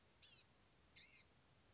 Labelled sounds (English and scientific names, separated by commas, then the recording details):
Blue-gray Gnatcatcher (Polioptila caerulea)
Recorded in Sonoma County, California